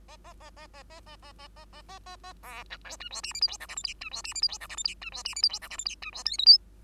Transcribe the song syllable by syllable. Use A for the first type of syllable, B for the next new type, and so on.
A A A A A A A A A A A A A A B C D E F G H I J K L M N E F G H I J K L M N E F G H I J K L M N E F O P Q